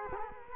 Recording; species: mosquito wingbeat signal from an infrared sensor; Culex quinquefasciatus